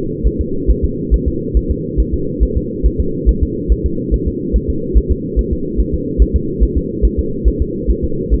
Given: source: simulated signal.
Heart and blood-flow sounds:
fetal heart sounds
0.27 s: S1
0.41 s: S2
0.70 s: S1
0.84 s: S2
1.14 s: S1
1.28 s: S2
1.57 s: S1
1.71 s: S2
2.00 s: S1
2.14 s: S2
2.43 s: S1
2.57 s: S2
2.86 s: S1
3.00 s: S2
3.29 s: S1
3.43 s: S2
3.72 s: S1
3.86 s: S2
4.14 s: S1
4.28 s: S2
4.56 s: S1
4.70 s: S2
4.98 s: S1
5.12 s: S2
5.39 s: S1
5.53 s: S2
5.80 s: S1
5.94 s: S2
6.22 s: S1
6.36 s: S2
6.63 s: S1
6.77 s: S2
7.05 s: S1
7.19 s: S2
7.48 s: S1
7.62 s: S2
7.90 s: S1
8.05 s: S2
8.34 s: S1
From the record:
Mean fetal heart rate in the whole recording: 140 bpm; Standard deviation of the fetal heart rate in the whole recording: 2 bpm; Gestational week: 34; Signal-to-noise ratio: -6.6 dB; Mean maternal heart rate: 72 bpm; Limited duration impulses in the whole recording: present

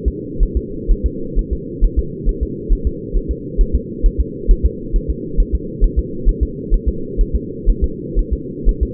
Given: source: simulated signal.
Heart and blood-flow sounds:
fetal heart sounds
0.08 s: S2
0.43 s: S1
0.57 s: S2
0.92 s: S1
1.06 s: S2
1.39 s: S1
1.53 s: S2
1.84 s: S1
1.99 s: S2
2.29 s: S1
2.43 s: S2
2.73 s: S1
2.87 s: S2
3.17 s: S1
3.31 s: S2
3.61 s: S1
3.75 s: S2
4.06 s: S1
4.20 s: S2
4.51 s: S1
4.66 s: S2
4.96 s: S1
5.10 s: S2
5.40 s: S1
5.55 s: S2
5.84 s: S1
5.99 s: S2
6.29 s: S1
6.43 s: S2
6.74 s: S1
6.89 s: S2
7.21 s: S1
7.35 s: S2
7.70 s: S1
7.84 s: S2
8.19 s: S1
8.33 s: S2
8.69 s: S1
8.83 s: S2
From the record:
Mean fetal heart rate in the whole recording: 130 bpm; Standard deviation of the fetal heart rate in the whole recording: 4 bpm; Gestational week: 38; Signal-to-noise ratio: -4.3 dB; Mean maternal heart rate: 72 bpm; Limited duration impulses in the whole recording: absent

